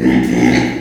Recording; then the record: squeal of a Yucatan mini pig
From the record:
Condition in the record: before surgery on the right vocal fold (resection and tissue-engineered implant); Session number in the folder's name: 3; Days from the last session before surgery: 0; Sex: female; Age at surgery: 19 weeks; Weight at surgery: 25 kg